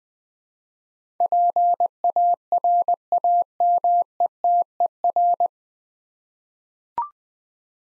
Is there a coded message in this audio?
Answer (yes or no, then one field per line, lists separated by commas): yes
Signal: Morse code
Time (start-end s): 1.2-5.5 s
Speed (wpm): 20 wpm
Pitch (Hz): 700 Hz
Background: none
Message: PARAMETER